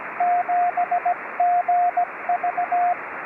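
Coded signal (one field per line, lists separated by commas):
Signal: Morse code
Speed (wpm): 18 wpm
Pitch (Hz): 700 Hz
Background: radio noise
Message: 7GV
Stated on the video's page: CW contacts during a Summits on the Air and Parks on the Air summit activation, on 2 meters and 23 centimeters VHF/UHF plus HF.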